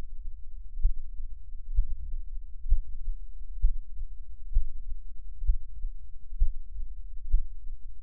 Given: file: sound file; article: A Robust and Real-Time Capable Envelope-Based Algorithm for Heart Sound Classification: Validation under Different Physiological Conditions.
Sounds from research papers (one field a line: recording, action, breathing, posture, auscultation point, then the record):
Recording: heart sounds by electronic stethoscope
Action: rest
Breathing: normal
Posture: lying on left side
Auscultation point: Erb’s point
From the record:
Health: healthy, no known heart disease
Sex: male